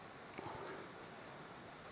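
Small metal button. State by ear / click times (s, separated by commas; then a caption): not seated / none. A magazine release button is being refitted into a Beretta pistol frame, with only a faint hit around 0.4 s against a steady low background. The button does not seat and nothing clicks, so the attempt fails.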